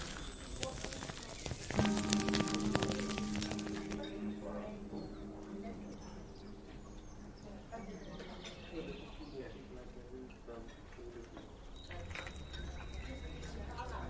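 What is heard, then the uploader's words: A fairy cafe ambience: a soft murmur of voices runs throughout, with a bright burst of clinking and a held low tone around two to three seconds. Quieter chatter and small taps follow, and a low hum with a high shimmer enters near twelve seconds. Fantasy fairy cafe asmr ambience.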